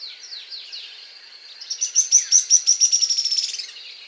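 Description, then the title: Grey-headed spinetail call: a few scratchy high notes, then a rapid high trill of sharp notes that speeds up and fades near the end. Nominate subspecies semicinerea. "LuckyPassaro Completos2Sama. Grey-headed Spinetail (Cranioleuca semicinerea semicinerea)"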